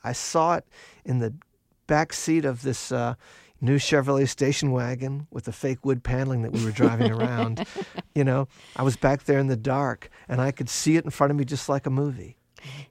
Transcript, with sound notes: I saw it in the backseat of this new Chevrolet station wagon with the fake wood paneling that we were driving around.
(SOUNDBITE OF LAUGHTER)
You know, I was back there in the dark, and I could see it in front of me just like a movie.